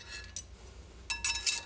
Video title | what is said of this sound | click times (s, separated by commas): Burley Rear Disc Brake Kit Install and Wheel Bearing Install for T3 Vanagon | They just snap in place top and bottom. | 0.4 s, 1.2 s